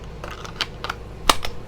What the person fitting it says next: There you can hear it click.